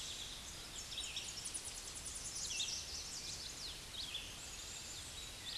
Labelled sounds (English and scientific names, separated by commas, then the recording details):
Red-eyed Vireo (Vireo olivaceus) song
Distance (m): 45 m
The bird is about 10 m above the microphone
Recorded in a Pennsylvania forest on 16 May 2024 at 08:10
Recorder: AudioMoth, point MSD-2039
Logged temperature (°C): 15.0 °C
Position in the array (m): 114 m, 74 m